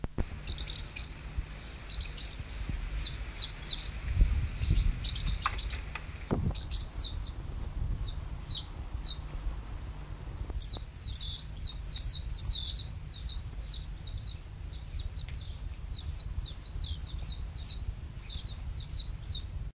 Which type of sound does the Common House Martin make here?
alarm call